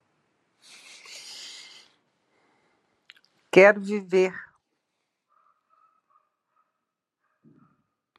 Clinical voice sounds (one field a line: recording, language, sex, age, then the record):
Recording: short text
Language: Brazilian Portuguese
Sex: female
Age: 60 to 69 years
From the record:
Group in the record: control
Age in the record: 64 years